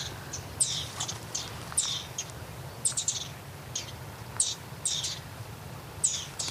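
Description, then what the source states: Garden dormouse chattering: short, sharp high squeaks in quick clusters, repeated irregularly over several seconds against a low steady background hum. Wild garden dormouse at night in a garden hedge in Wiesbaden, Germany, moving off to the right, probably running away from the observers, chattering from the hedges.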